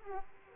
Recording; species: mosquito wingbeat signal from an infrared sensor; Aedes aegypti